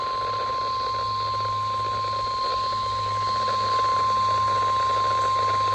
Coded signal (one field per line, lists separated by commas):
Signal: Emergency Alert System (SAME) tones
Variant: 1050 Hz attention tone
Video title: EAS Alerts From 6/26/25: A Compilation (EAS 832-844)